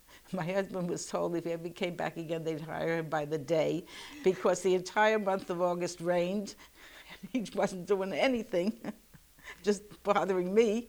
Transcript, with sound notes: My husband was told if he ever came back again, they'd hire him by the day, because the entire month of August rained. [She laughs] He wasn't doing anything. Just bothering me.